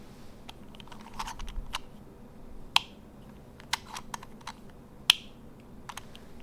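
A plastic auxiliary gear on a DX Gavarion Trigger toy transformation device is swapped between its two modes to show how its locking works, with light plastic handling clicks throughout. A plastic retaining tab snaps sharply as the gear locks into each mode position, at 2.8 s and 5.1 s, and the gear is seated.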